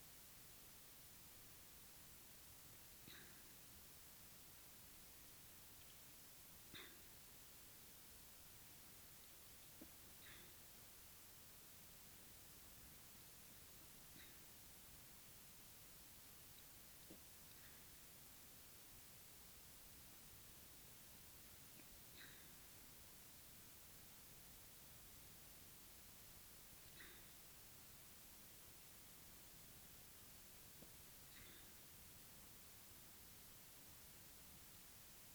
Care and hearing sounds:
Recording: daily activity, guitar pickup as the sensor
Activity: drink water

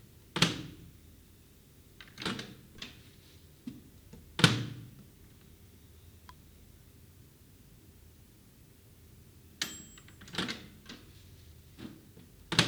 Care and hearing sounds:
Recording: daily activity, guitar pickup as the sensor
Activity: use microwave

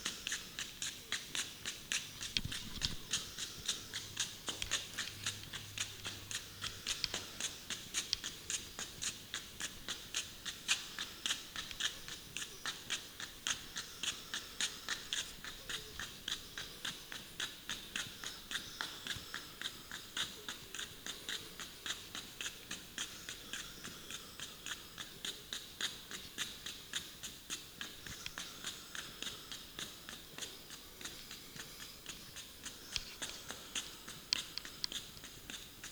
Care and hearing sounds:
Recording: daily activity, guitar pickup as the sensor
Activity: run

